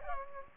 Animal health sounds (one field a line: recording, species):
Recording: mosquito wingbeat signal from an infrared sensor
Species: Culex pipiens